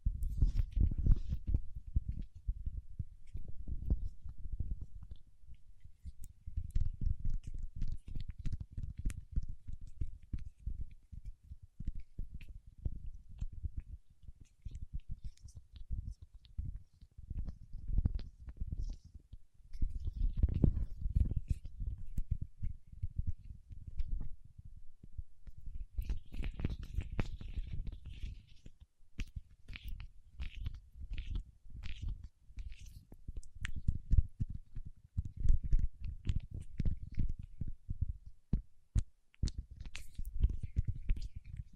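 Paraffin wax being peeled, tapped and scratched, heard as dense, irregular low thuds and crackles that continue throughout. The taps come quickly in uneven bursts, with a brighter scratchy hiss rising briefly around 26 to 29 seconds and again near the end.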